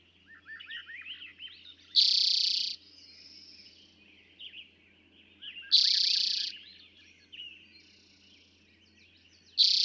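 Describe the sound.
Eastern towhee song: a bright, rapid trill repeated roughly every four seconds, with softer chirps between phrases.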